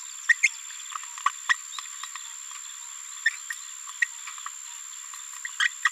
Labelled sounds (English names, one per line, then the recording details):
Green-rumped Parrotlet babbling
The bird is a female
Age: 27 days
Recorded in a nest box in Venezuela
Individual 17B73B2